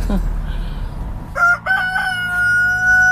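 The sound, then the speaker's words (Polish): A rooster that crows every day at four o'clock crows once, a loud drawn-out cock-a-doodle-doo that opens with a few choppy notes and then holds a steady high tone, over low background rumble. “Czy tu w ogóle słychać tego koguta w tym miejscu?”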